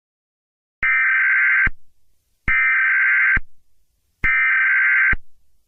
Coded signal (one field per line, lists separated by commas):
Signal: Emergency Alert System (SAME) tones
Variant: header bursts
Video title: Eas Scenario 7: USA Independence Day war